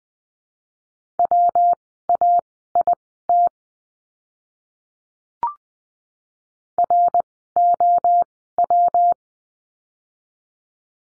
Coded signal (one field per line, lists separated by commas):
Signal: Morse code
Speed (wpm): 20 wpm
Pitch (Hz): 700 Hz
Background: none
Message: WAIT ROW